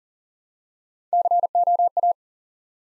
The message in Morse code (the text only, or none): COA